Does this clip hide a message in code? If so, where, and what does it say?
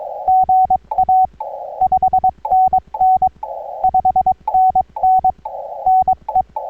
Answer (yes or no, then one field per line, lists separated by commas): yes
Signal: Morse code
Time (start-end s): 0.3-6.4 s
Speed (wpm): 20 wpm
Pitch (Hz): 750 Hz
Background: none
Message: GA 5NN 5NN NE